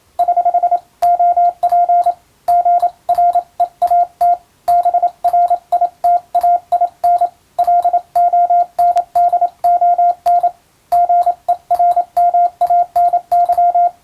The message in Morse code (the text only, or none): <HH> OP GREAT BRITAIN LONDON GERMANY